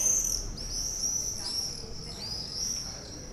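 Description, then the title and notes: Common swift screams, a near-continuous high, buzzy shrieking that wavers and breaks into short bursts over a soft background hum. Bonn old town, July 2006. "bonn altstadt, mauersegler - mauersegler im juli 2006. Mauersegler, Bonn, Juli 2006."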